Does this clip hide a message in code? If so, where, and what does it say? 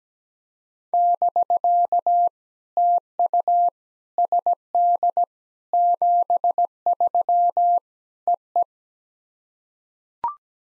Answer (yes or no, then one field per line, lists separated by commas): yes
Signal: Morse code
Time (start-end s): 0.9-8.6 s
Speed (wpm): 17 wpm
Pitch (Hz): 700 Hz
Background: none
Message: <BK> TU SD 73 EE